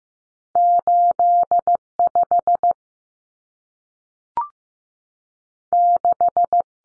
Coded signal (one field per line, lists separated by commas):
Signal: Morse code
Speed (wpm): 15 wpm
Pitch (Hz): 700 Hz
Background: none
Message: 85 6